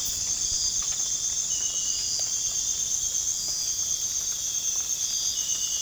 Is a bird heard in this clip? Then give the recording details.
no. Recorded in pastures near Puerto Asís, Putumayo, Colombia, on 30 June 2025 at 04:30. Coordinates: 0.466, -76.322. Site GP07